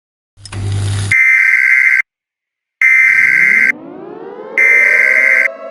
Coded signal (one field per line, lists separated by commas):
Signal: Emergency Alert System (SAME) tones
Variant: header bursts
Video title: EAS Scenario 10 - Asteroids Inbound!